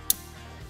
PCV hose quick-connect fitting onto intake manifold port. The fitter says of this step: slide it on until it clicks in